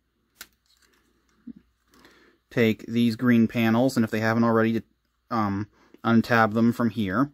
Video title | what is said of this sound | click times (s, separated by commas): Revenge of the Fallen Voyager Class Bludgeon | this section all the way down and it will snap into place | 0.4 s